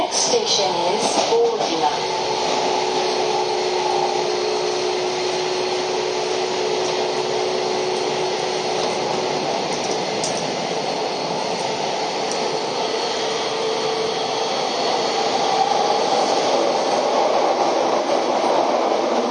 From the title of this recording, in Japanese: 京王5000系 本八幡〜橋本